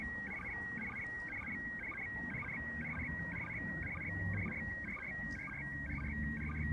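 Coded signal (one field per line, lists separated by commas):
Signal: SSTV (slow-scan television)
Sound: warbling, chirping tone around 2 kHz repeating about twice a second with steady stretches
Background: low hum, room noise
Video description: International Space Station sstv captured with radioscanner and Robot36 app on tablet.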